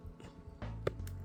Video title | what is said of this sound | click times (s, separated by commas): Afnan Supremacy Not Only Intense (Hindi Review) - A masterpiece from Afnan | यह एक click की आवाज आएगी दोस्तों | 0.9 s